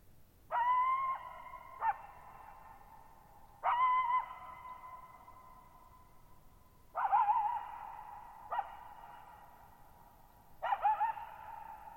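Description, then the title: Coyote howling: several short wavering tonal cries at irregular intervals, each ending abruptly and followed by a long reverberant tail. Lone coyote calling on the night of 14 July 2019 in meadows near Thirtymile Meadows, Okanogan National Forest, Pacific Northwest, 1950 m, high dry plateau; a last send-off after over 7 minutes silent. "Coyote Gives One Final Performance Before We Return To Silence"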